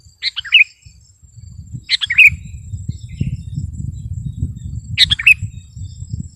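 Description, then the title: Sooty-headed bulbul singing three short chirpy phrases of falling notes, with a persistent low rumble beneath. "kutilang"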